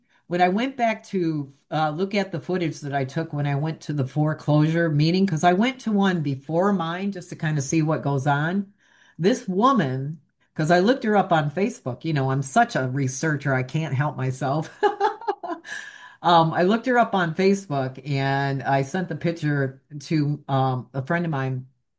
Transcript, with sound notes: when I went back to, uh, look at the footage that I took when I went to the foreclosure meeting, 'cause I went to one before mine just to kind of see what goes on. This woman, 'cause I looked her up on Facebook, you know, I'm such a researcher, I can't help myself. (laughs) Um, I looked her up on Facebook and I sent the picture to, um, a friend of mine